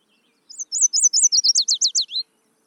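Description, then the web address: A warbler's song: after a couple of soft introductory notes comes a rapid run of about ten high, sharply slurred notes, the last ones dropping lower. Background is silent. "mmainguy immersive 2. warbler"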